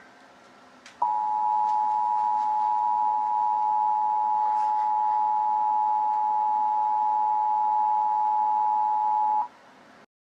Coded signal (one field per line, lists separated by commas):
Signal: Emergency Alert System (SAME) tones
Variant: 853 and 960 Hz attention tone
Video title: december 25th snowstorm (eas thing)